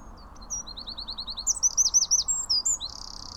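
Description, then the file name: Eurasian wren song, a loud rapid burst of high piercing notes, trills of repeated slurred chips climbing in pitch, ending in a dry buzzy rattle. "Troglodytes troglodytes"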